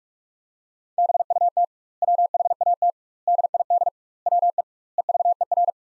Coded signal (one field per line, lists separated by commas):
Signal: Morse code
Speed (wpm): 48 wpm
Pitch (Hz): 700 Hz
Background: none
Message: BUT WHAT DID WE EVER